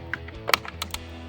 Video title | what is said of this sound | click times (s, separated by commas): 2019-2023 RAM 1500 Raxiom Axial Series Sequential LED Mirror Lighting Review & Install | And you'll hear your two tabs clip back together | 0.1 s, 0.5 s